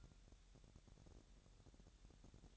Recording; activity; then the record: daily activity, microphone in the room; take from stove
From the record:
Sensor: 3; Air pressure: 1012.0 hPa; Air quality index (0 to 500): 208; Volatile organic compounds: 4 ppm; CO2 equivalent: 1557 ppm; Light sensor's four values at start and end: 113/266/111/101 and 113/266/111/101